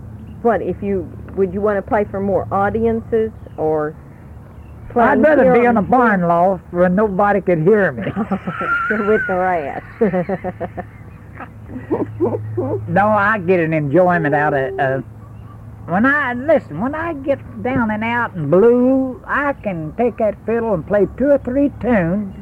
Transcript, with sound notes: What would you want to play for more audiences or play----
I’d rather be in a barn loft where nobody could here me [laughs] No, I get an enjoyment out of, when I, listen, when I get down and out and blue, I can take that fiddle and play two or three tunes,